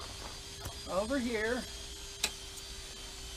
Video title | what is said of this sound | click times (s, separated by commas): Slingshot Front Latch Adjustment Procedure with Hood Removed | So you can take each latch, push down on the top black part till it snaps over here. | 2.2 s